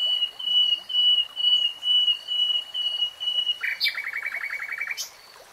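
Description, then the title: Nightingale song: a series of level whistles, then a sudden rapid rattling trill of clipped notes, with a faint hiss behind. "Tiếng chim hót Nightingale Singing"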